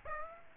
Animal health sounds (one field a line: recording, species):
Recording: mosquito wingbeat signal from an infrared sensor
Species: Aedes aegypti